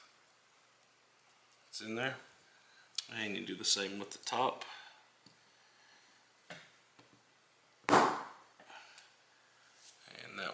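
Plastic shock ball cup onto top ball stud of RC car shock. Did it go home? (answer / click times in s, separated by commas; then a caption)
yes / 7.9 s. A plastic ball cup is pressed onto the top ball stud of an RC car shock while someone talks. There are several small clicks and knocks, and a loud, sharp snap at 7.9 s marks the cup seating on the ball. It is confirmed snapped in place.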